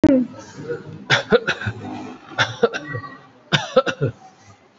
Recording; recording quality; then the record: heavy voluntary cough; excellent, no background noise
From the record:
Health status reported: COVID-19 positive, mild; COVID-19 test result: positive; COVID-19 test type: RT-PCR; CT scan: not taken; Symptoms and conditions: fever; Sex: male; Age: 52 years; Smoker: no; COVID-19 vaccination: none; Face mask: worn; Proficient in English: yes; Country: India